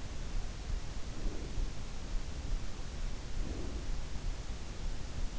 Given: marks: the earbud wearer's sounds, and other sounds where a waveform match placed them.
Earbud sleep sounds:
sounds in sleep by an in-ear microphone; breath
0.98-2.02 s: breath
3.23-4.15 s: breath

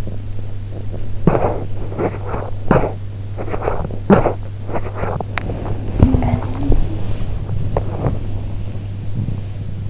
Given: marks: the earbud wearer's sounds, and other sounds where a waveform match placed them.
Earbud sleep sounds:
sounds in sleep by an in-ear microphone; teeth grinding, body movement
0.00-5.28 s: teeth grinding
5.39-9.42 s: body movement
5.85-6.97 s: sound from someone else or the room

